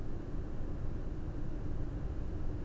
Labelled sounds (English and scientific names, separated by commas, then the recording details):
none
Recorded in Germany
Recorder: ecoPi